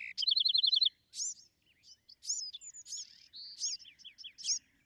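Bewick's wren song opening with a rapid, even trill, then a string of sharp, slurred high notes and short buzzes.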